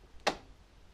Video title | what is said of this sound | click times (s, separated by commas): How to restart your Fronius Inverter - Infinite Energy - Support | we need to turn it in an anti-clockwise direction and you'll hear it click so we've turned that on | 0.3 s